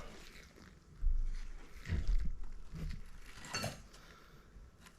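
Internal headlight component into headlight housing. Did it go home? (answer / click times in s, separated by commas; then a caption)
no / none. An internal component is set into the housing of a xenon headlight from a 1996 Mercedes SL500 (R129), with the bottom piece already bolted in and the part checked for level. Faint knocks and clinks of handling are heard, with the loudest sharp sound around 3.5 seconds. The part has not snapped into place, and nothing has clicked or seated.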